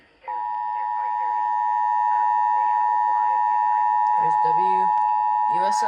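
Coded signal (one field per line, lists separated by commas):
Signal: Emergency Alert System (SAME) tones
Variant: 853 and 960 Hz attention tone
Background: speech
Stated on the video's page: Florida Required Monthly Test.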